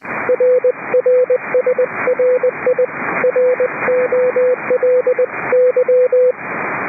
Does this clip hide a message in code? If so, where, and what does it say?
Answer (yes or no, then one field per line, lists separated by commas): yes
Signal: Morse code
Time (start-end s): 0.3-6.3 s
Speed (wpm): 20 wpm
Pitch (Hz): 500 Hz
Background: radio noise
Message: RR SRI ROLY